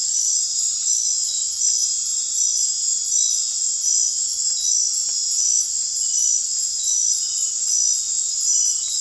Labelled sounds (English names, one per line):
none